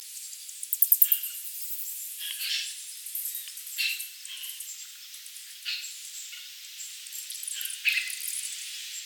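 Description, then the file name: Chimney swift giving dry, high chippering twitters in short bursts, a rapid run of clicks near the start, then scattered calls every one to two seconds. "Chaetura pelagica - Chimney Swift"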